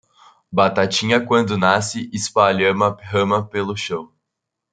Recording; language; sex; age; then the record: short text; Brazilian Portuguese; male; 20 to 29 years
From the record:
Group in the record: control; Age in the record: 20 years